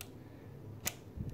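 A DisplayPort cable plug is pushed into the port on the back of a computer. It seats with a subtle, sharp click at 0.9 s over a low background hum. A faint tick is heard at the very start, and a soft low thump follows near 1.2 s.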